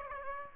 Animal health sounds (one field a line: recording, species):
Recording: mosquito wingbeat signal from an infrared sensor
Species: Aedes aegypti